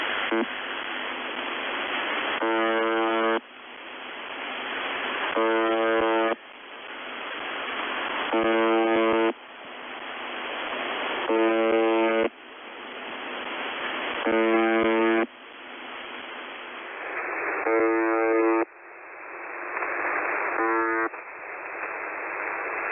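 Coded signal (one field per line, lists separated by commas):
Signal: channel marker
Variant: UVB-76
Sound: harsh low buzz, about one second long, repeating roughly every three seconds, seven times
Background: radio static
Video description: known for its constant buzzing (1.25s buzzing, then 1.85s pause). The buzzing tone acts as a channel marker to keep the frequency always in use for emergencies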